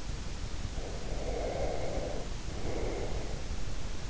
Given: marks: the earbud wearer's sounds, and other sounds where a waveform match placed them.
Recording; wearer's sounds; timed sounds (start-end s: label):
sounds in sleep by an in-ear microphone; breath
0.60-3.54 s: breath